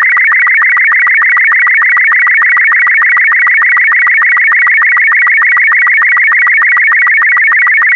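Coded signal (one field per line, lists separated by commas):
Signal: SSTV (slow-scan television)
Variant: Robot36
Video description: This video has been specially made to be decoded using the SSTV Robot36 format.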